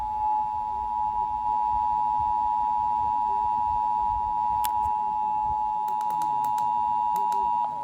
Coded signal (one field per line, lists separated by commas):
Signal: Emergency Alert System (SAME) tones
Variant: 853 and 960 Hz attention tone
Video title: EAS- Victor Valley Required Monthly Test (RMT) on KZXY-FM and KATJ-HD2